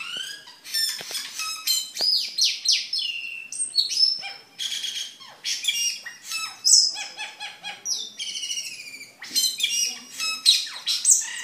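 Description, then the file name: Camperling song, a dense, continuous jumble of chirps, trills, buzzy notes and short whistles with scarcely any pauses. "camperling omkicau"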